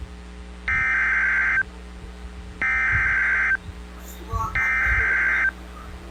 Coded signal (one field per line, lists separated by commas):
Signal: Emergency Alert System (SAME) tones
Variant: header bursts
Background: speech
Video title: MARGINAL INSANITY 18: EL NIÑO RETURNS - EAS Alerts From 6/1/26 - 6/3/26 (EAS #5521-5556)